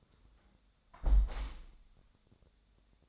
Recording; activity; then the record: daily activity, microphone in the room; close window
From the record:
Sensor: 3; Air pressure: 1000.4 hPa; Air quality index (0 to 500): 139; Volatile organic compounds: 2 ppm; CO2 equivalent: 1207 ppm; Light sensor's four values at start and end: 13/36/14/16 and 13/36/14/16